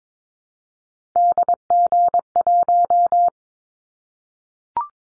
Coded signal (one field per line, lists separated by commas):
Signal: Morse code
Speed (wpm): 22 wpm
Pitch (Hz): 700 Hz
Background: none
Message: DG1